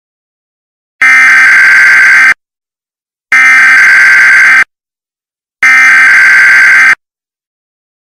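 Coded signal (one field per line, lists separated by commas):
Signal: Emergency Alert System (SAME) tones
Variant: header bursts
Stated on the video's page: Fictional EAS scenario set in 1995 using the old Emergency Broadcast System; simulated meteorite alert.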